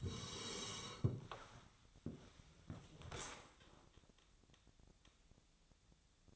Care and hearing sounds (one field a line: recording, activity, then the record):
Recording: daily activity, microphone in the room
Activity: sit down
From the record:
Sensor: 3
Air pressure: 1000.4 hPa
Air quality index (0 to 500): 171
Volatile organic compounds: 3 ppm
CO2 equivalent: 1492 ppm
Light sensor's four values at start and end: 13/30/13/13 and 13/30/13/13